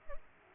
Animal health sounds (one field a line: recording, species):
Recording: mosquito wingbeat signal from an infrared sensor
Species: Culex pipiens